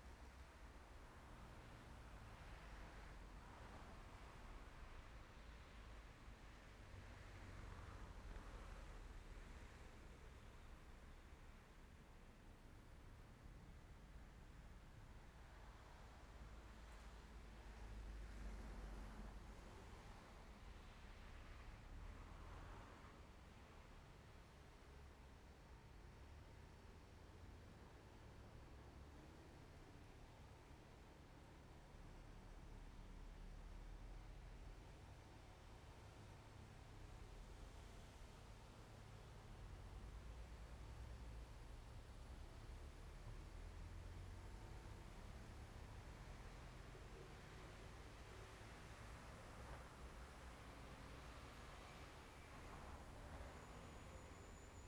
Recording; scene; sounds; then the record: everyday scene through a hearing-aid microphone; in traffic; traffic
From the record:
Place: main road on the outskirts, rush hour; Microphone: behind the ear, left, front